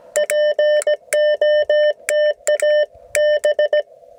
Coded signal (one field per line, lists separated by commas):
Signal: Morse code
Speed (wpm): 17 wpm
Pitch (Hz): 600 Hz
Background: none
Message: POTA B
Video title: Learning CW the Hard Way - Back to Coronado National Forest (POTA)